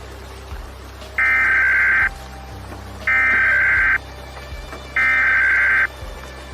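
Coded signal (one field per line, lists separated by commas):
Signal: Emergency Alert System (SAME) tones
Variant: header bursts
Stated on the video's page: Fictional EAS broadcast from a backup transmitter about a nuclear attack.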